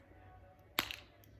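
A small plastic lid is pressed back onto the color cup of an airbrush makeup gun, where it has to be snapped firmly in place. A sharp pop sounds at 0.8 s over a low hum, followed by faint ticks at 0.9 s and 1.2 s. The lid snaps into place and is seated.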